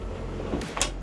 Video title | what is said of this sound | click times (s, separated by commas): HAMER MANUAL ROLLER LID ติดตั้งง่ายไม่ต้องเดินสายไฟ | โยกไปทางซ้ายนิดนึงจะมีเสียงแก๊กแล้วเราก็ปล่อยอันนี้คือการล็อคของตัวIDค่ะ | 0.8 s